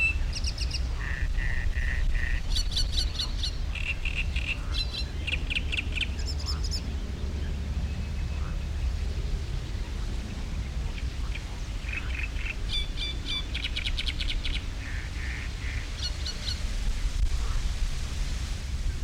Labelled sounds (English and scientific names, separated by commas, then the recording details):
Great Reed Warbler (Acrocephalus arundinaceus)
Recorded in the wild
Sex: male
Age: adult
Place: Karower Teiche, Naturpark Barnim, Berlin, DE
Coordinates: 52.624, 13.462
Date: 1993-05-20 10:25
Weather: heiter, 22-25°C
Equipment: Marantz CP 430, Sennheiser ME 80, Kopie Uher Variocord 263
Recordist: Tembrock, Günter